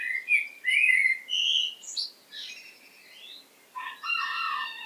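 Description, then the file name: Common blackbird: mellow whistled warbling notes and a high squeak, followed by a quieter twitter and a harsher, buzzier note near the end. "Turdus merula"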